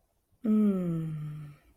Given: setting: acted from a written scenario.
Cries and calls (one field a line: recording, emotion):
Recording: vocal sound without words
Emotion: contentment